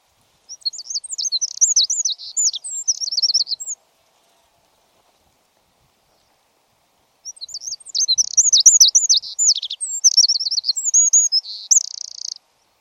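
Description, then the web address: Bird twittering song: two rapid bursts of high, looping chirps and trills, separated by about four seconds of silence. "cianscape birddata Deverinetal 2025. Bird Only"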